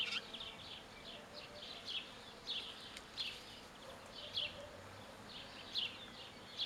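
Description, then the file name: House sparrow giving several sharp chirps with softer notes between. "Passer domesticus"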